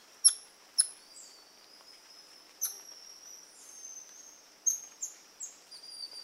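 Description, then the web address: Golden lion tamarin calls: sharp, very high chirps early on, then several thin, drawn-out whistles, some falling slightly, over a quiet background. South American rainforest primate. "Natures Songs S America Primates of the Rainforest Golden lion tamarin"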